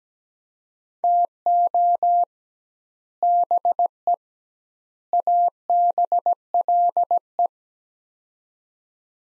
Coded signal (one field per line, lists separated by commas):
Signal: Morse code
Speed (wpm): 17 wpm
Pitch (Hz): 700 Hz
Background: none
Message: TO BE ABLE